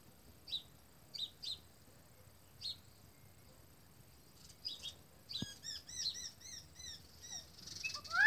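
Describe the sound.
Bird calls: a few faint isolated chips, then a run of high, slurred chirps and a loud rising note at the end.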